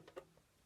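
A sewing machine's bobbin winder spindle, holding a plastic bobbin, is pushed toward the stop screw until it engages. A small click is heard at 0.1 s, followed by a few faint taps. The winder clicks into position and is seated.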